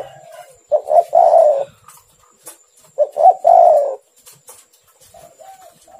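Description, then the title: Spotted dove song: two rough three-part coos, each two quick notes then a drawn-out coo, followed by fainter, softer coos, over a thin steady high tone. "Tekukur"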